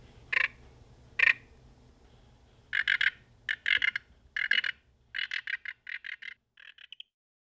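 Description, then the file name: Sauter's frog giving two sharp single clucks, then several rapid clicking bursts of pulsed notes, the final series softer and slightly higher; faint low hum underneath. "Rana sauteri"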